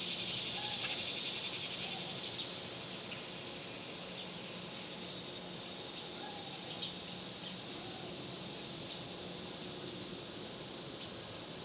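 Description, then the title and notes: Cicada chorus as a steady high buzzing drone with a fine rapid pulse, slightly louder at the start, faint scattered chirps and a soft low hum underneath. Summer; suburbs; outdoor recording of several cicadas. "Ext Summer Cicadas, Suburbs by Bandeto"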